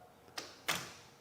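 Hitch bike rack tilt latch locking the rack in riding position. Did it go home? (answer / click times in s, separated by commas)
yes / 0.4 s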